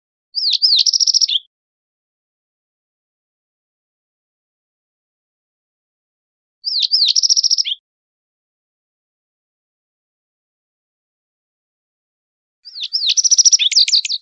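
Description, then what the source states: Yellow-eyed junco phrases, three high chirping bursts each about a second long, spaced roughly six seconds apart, with a fast trill and slurred notes in each. Recorded in Costa Rica.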